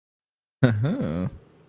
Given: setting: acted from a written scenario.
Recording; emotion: vocal sound without words; romantic love